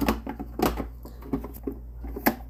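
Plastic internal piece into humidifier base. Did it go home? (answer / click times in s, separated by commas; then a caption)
yes / 2.3 s. After cleaning, a plastic internal piece from the steam vent area is placed back into the base of a Honeywell HWM440/445 humidifier and pushed until it locks. Soft plastic knocks and handling sounds come first, with a sharper tap near 0.1 s. A crisp click at 2.3 s marks the piece seating into place.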